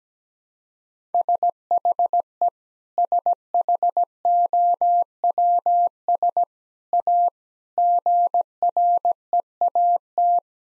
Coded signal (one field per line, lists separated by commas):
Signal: Morse code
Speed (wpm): 17 wpm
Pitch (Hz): 700 Hz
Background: none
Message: SHE SHOWS A GREAT